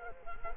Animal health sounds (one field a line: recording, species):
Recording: mosquito wingbeat signal from an infrared sensor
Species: Culex quinquefasciatus